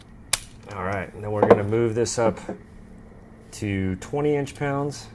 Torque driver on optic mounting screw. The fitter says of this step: tighten this down until i hear a click there we go let's do it again